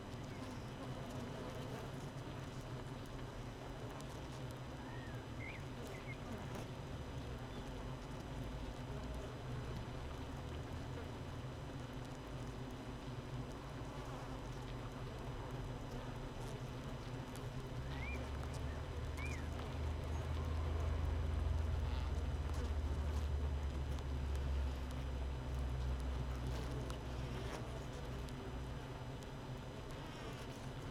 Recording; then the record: honeybee colony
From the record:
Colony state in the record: missing queen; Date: 31 May 2018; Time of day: 7:31